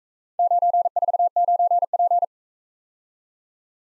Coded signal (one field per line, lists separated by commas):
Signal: Morse code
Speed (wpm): 43 wpm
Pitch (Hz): 700 Hz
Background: none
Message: 949P